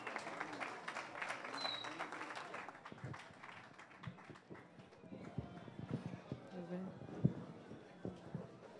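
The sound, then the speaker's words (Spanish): An audience at the presentation of the book Hombre Roto by Raúl Gatica breaks into dense, steady applause for the presenters, gradually thinning out into scattered, uneven individual claps, with a murmur of voices underneath. “Un aplauso, por favor.”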